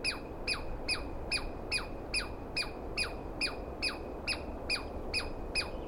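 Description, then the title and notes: Douglas squirrel uttering loud, rasping chip notes that slur downward, repeated in a regular rhythm about twice and a half per second over a rumbling background. Single wild squirrel screaming at length at dawn, morning of 21 April 2017, East Cascades; recordist startled awake by it; identity judged by its sound, animal only poorly seen. "On the morning of 21 April, 2017, I set up my microphones and recorder for a nice dawn recording in the East Cascades. I was started awake by a screaming Douglas Pine Squirrel."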